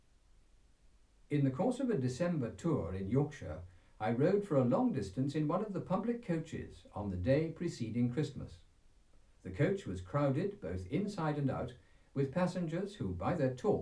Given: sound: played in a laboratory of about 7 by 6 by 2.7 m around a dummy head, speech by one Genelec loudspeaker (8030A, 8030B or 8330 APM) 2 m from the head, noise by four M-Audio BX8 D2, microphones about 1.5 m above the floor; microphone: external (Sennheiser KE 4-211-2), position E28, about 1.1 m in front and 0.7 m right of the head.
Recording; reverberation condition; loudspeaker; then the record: male speech in English; low; 150 degrees to the right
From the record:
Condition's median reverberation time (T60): about 310 ms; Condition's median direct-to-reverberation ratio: about 3.5 dB